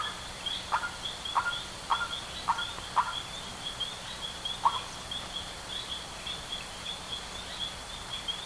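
Bird utters five quick harsh notes in the first three seconds, then one more after a pause; a steady high whine continues behind.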